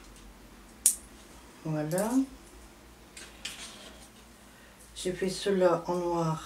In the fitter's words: comme ça clipse.